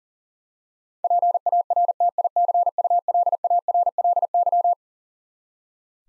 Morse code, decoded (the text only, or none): PARTICULARLY